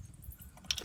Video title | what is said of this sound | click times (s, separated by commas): 2013 Hyundia Rear Brake Replacement | Cable in and there it's hooked up | 0.7 s